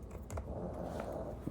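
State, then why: Stripped. A small screw is driven to reattach the metal backplate to the chassis of a 2016 Razer Blade 14 laptop, giving short clicks at 0.3 and 0.4 seconds as it slips instead of tightening. The screw has stripped its threads, so the thread is damaged and it will not hold.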